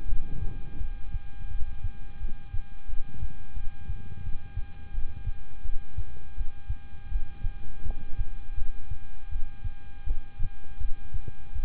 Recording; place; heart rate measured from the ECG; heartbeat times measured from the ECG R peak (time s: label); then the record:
heart sounds by stethoscope; between the tricuspid and mitral areas; 84 bpm
0.06 s: heartbeat
0.77 s: heartbeat
1.48 s: heartbeat
2.18 s: heartbeat
2.86 s: heartbeat
3.53 s: heartbeat
4.21 s: heartbeat
4.91 s: heartbeat
5.62 s: heartbeat
6.34 s: heartbeat
7.09 s: heartbeat
7.83 s: heartbeat
8.55 s: heartbeat
9.29 s: heartbeat
10.04 s: heartbeat
10.78 s: heartbeat
11.52 s: heartbeat
From the record:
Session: rest, lying down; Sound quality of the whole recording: good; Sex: male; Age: 26 years